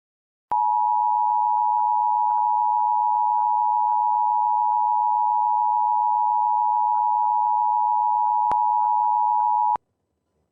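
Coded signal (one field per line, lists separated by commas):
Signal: Emergency Alert System (SAME) tones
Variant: 853 and 960 Hz attention tone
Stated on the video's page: Valid EAS tones for two Special Marine Warnings and an Evacuation Immediate alert.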